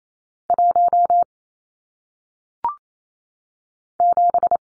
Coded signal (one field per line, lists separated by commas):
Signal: Morse code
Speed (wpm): 28 wpm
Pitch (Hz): 700 Hz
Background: none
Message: 1 7